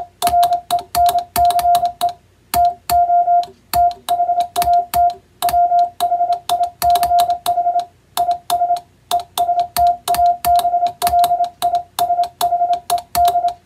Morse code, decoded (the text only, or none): RENCE TO THAT WHICH IS ESTABLISHED